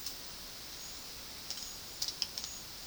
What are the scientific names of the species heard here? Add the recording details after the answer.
none. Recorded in dense forest near Puerto Asís, Putumayo, Colombia, on 18 February 2024 at 12:00. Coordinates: 0.481, -76.318. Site G6421